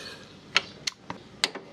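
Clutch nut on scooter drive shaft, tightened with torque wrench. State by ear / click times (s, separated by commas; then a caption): torque reached / 1.4 s. A torque wrench set to about 65 Nm tightens the steel clutch nut on the drive shaft of a 2012 Yamaha Filano scooter's clutch/drive pulley assembly, with the clutch held by a locking tool. Several short, sharp ticks sound near 0.6, 0.9 and 1.1 seconds, then the loudest click comes at 1.4 seconds, followed by a softer tick at 1.6 seconds. The wrench clicks off with the nut tightened to 65 Nm.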